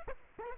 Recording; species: mosquito wingbeat signal from an infrared sensor; Aedes aegypti